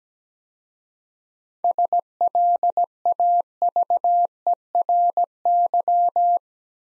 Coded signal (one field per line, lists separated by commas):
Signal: Morse code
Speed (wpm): 17 wpm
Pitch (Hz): 700 Hz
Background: none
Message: SLAVERY